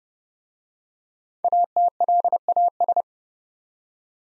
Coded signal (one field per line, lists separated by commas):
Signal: Morse code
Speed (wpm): 29 wpm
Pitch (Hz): 700 Hz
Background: none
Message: ATLAS